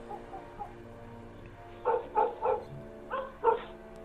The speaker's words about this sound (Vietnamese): Tôi vừa thiêu thiêu ngủ thì tổ tiên sư bố nó, con lu ở ngoài sân, nó mới sủa ầm lên.